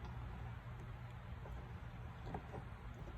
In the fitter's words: turn the push and turn the nut backwards until you hear it click which is right there